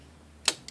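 A plastic ribbon cartridge is pressed home into the carriage holder of a Smith Corona "H" series electronic typewriter. It gives a second sharp, bright snap at 0.5 s, followed by a fainter click at 0.7 s. The cartridge snaps down and is seated.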